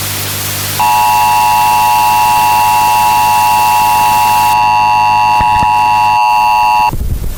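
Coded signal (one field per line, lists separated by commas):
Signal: Emergency Alert System (SAME) tones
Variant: 853 and 960 Hz attention tone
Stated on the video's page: Fictional remastered EAS scenario, made with text-to-speech and editing software.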